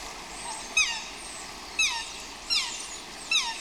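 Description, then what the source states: Swans calling, with four loud squawks that slide downward, over faint hiss. Swans squawking outdoors.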